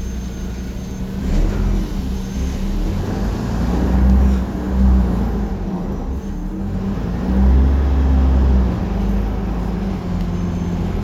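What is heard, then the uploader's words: A bus rumbles along with a steady, low engine drone and a constant hiss of road and air noise. The deep hum swells a little around four to five seconds and again near seven to eight seconds. Otherwise the sound stays even throughout. Public Transport in Istanbul. BredaMenarinibus Avancity+ CNG (Karsan). White Noise Bus.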